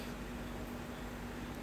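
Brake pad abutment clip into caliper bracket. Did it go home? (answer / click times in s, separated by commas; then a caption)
no / none. A metal brake pad abutment clip is positioned in the caliper bracket ear where the pad slips in, during a brake job on a GMC Yukon 5.3/6.2. Only a steady broadband hiss with a faint low hum is heard, with no distinct impacts. The clip has not yet snapped into place.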